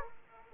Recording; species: mosquito wingbeat signal from an infrared sensor; Aedes aegypti